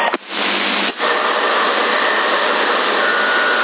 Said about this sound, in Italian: Mettimi per un attimo la portante muta.